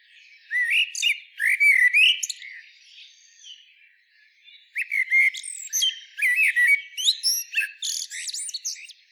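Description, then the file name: Common blackbird song: two bursts of phrases, each a low fluted warble breaking into squeaky high twitters, with a quiet pause between. "Turdus merula"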